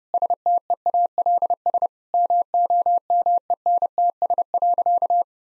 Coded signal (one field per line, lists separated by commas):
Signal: Morse code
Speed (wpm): 30 wpm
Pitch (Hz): 700 Hz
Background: none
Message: STEALS MOMENTS.